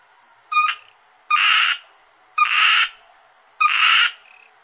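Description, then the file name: Asian grass frog calls, four rasping, buzzy croaks about a second apart, with a steady faint high hiss behind. "rana limnocharis yannick dauby gruenrekorder"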